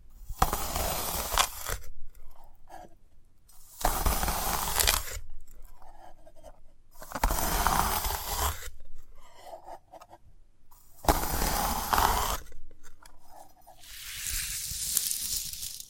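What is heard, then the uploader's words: Bursts of crunching and tearing on a sprouted coconut, each lasting about a second and a half and returning roughly every three to four seconds. The bursts are bright and crackly, with a low thud underneath. Quieter soft clicks and rustles fill the gaps between them. ASMR of a Sprouted Coconut (No Talking).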